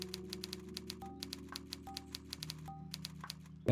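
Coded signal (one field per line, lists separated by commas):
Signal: none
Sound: typing sound beeps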